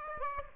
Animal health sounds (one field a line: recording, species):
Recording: mosquito wingbeat signal from an infrared sensor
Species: Aedes aegypti